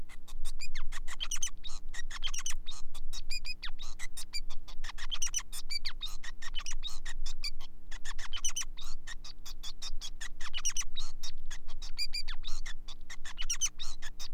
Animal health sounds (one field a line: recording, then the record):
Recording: song of a male Bengalese finch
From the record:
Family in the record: son of father 5